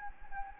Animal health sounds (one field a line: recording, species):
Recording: mosquito wingbeat signal from an infrared sensor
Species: Anopheles gambiae